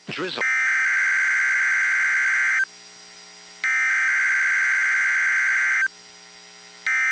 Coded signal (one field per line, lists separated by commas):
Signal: Emergency Alert System (SAME) tones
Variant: header bursts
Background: speech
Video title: 1 Week Prior from the 2022 Tsunami Communications Drill RWTs (EAS #1031-#1039)